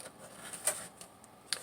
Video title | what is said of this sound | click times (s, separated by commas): My Very Broken Commodore Pet 8050 Disk Drive | push it till it clicks, | 1.5 s